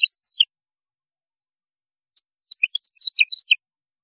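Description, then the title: European goldfinch twittering: a brief phrase with a long sliding note, a pause, then a quick burst of high chirpy notes. "Chant Chardonneret"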